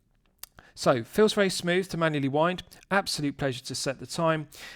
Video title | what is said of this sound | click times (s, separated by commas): Pequignet Royale Origine 4K Watch Review | pushing the crown back in it's got a nice positive click and the movement begins to run again | 0.4 s